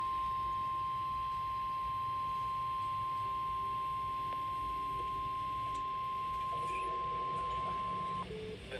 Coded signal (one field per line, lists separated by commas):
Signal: Emergency Alert System (SAME) tones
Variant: 1050 Hz attention tone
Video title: EAS Severe Thunderstorm Warning on NOAA Radio (3/31/2026) EAS #590